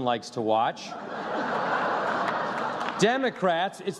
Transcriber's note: laughter